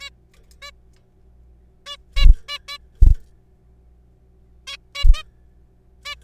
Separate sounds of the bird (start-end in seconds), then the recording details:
0.01-0.10, 0.62-0.71, 1.86-1.97, 2.16-2.26, 2.48-2.58, 2.68-2.77, 4.67-4.77, 4.95-5.04, 5.14-5.23, 6.05-6.15. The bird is a juvenile. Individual R3428